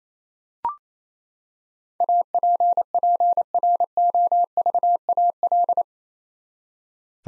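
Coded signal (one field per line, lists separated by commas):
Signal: Morse code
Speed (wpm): 28 wpm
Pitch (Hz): 700 Hz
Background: none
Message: APPROVAL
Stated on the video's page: Morse head-copy practice of eight-letter words at 28 wpm; each word sent, spoken, then sent again.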